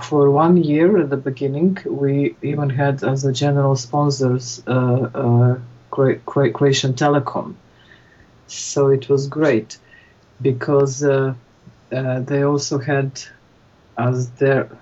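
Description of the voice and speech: Mostly fluent speech from an adult woman who stutters, a speech therapist, with a repeated, stretched 'k' sound before 'Croatian' and drawn-out words, typical of stuttering.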